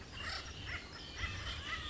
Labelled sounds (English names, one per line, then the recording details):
Acorn Woodpecker
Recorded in Sonoma County, California